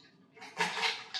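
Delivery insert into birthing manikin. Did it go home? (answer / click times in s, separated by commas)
no / none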